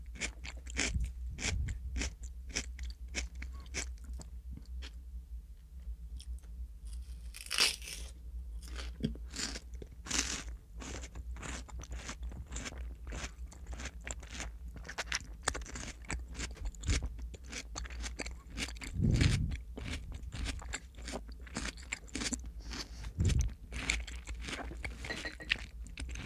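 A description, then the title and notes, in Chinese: Mouth sounds: crisp, crunchy chewing and wet clicks repeat densely and fairly evenly for the whole stretch, with slightly louder bursts around 8, 19 and 23 seconds. A steady low hum sits underneath. 口腔助眠asmr。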